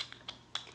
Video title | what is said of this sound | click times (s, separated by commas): Yummy m&m's Candy Tin Robot | so it slides on clicks in place and then there's a set screw here | 0.6 s